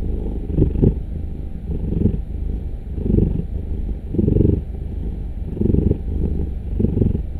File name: Digiffects Sound Effects Library - Cat Purring